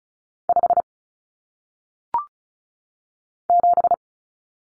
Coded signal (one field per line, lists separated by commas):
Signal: Morse code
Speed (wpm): 36 wpm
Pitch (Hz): 700 Hz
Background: none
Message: 5 7